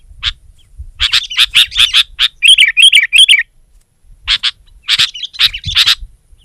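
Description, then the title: Sooty-headed bulbul with bright chirps and a short rapid bubbling run of notes, then more sharp chirps after a brief pause. "kutilang"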